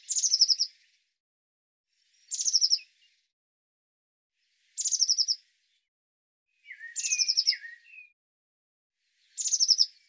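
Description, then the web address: Eurasian blue tit calls: five brief, high-pitched descending trills spaced about two seconds apart, one with lower, buzzier notes. "cianscape birddata Deverinetal 2025 File cleaned normalized Bird Cy Ca"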